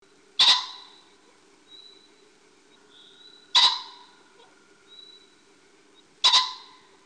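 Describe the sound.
Pheasant giving three loud, harsh, explosive calls, spaced about three seconds apart, with quiet whistled sounds between them.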